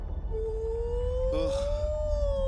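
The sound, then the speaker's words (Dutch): A voice imitating an orca draws out a long, low, wavering whale-like moan that slowly rises in pitch, with a brief rougher burst partway through, over a steady low rumble. “Dat klinkt niet als een orka. Dat klinkt als iets dat ik nog nooit gehoord heb.”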